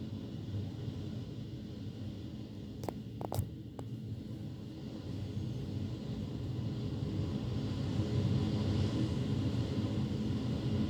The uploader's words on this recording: Super Typhoon 14 in Aoshima, MIyazaki. The eleventh floor shook a little bit.